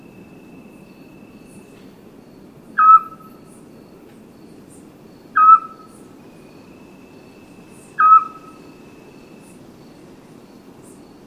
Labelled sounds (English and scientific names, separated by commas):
Eurasian Scops Owl (Otus scops)